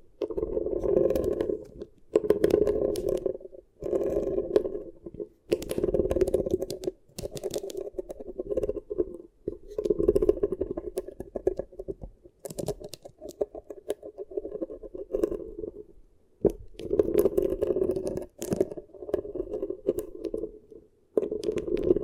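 Beeswax ear triggers: soft, dense crinkling and squishing in repeated bursts of a second or two, separated by brief silences throughout.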